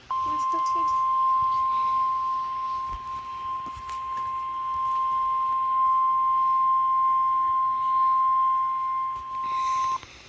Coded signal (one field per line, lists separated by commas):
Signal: Emergency Alert System (SAME) tones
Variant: 1050 Hz attention tone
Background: speech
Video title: eas alarms